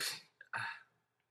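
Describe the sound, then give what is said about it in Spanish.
Two harsh coughs in quick succession, the first loud and breathy, the second slightly shorter, with a small throat click between them and a faint breath trailing off afterward. “Bueno, empezamos tosiendo, bien.”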